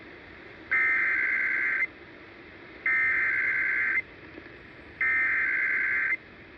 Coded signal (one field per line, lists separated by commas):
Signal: Emergency Alert System (SAME) tones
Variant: header bursts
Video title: Another one!! #eas #shorts #easalert #weatherradio